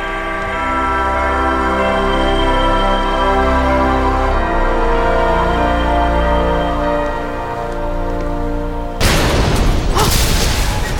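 The heavy doors of King Jalin's court hall slam shut with a deep, booming bang and a brief rumbling echo, following several seconds of a steady, layered droning tone.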